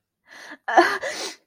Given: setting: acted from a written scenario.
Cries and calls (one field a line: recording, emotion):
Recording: vocal sound without words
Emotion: sadness